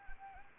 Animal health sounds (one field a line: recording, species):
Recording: mosquito wingbeat signal from an infrared sensor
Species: Anopheles arabiensis